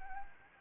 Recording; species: mosquito wingbeat signal from an infrared sensor; Anopheles arabiensis